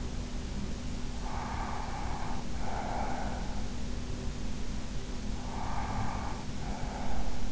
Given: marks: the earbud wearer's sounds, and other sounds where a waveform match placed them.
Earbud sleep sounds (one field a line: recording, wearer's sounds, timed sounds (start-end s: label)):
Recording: sounds in sleep by an in-ear microphone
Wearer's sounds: breath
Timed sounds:
1.12-3.69 s: breath
5.46-7.52 s: breath